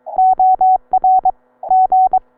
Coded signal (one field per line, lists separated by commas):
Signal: Morse code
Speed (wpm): 22 wpm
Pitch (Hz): 750 Hz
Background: none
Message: OR G